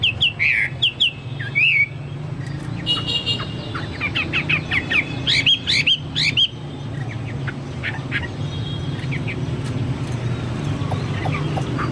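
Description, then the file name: Chinese hwamei song: bursts of loud whistled and slurred notes with rapid repeated phrases in the first seconds, then quieter scattered notes over a low constant hum. "hwamei-2-omkicau"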